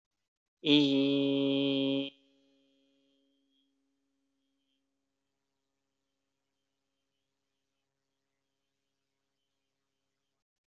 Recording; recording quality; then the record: sustained vowel as in beet; excellent, no background noise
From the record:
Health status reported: healthy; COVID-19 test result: not tested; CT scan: not taken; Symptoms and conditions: none ticked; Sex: male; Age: 22 years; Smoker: no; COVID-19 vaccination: none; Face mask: not worn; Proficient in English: yes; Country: India